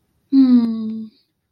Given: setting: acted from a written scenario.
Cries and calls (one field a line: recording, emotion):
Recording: vocal sound without words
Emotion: contentment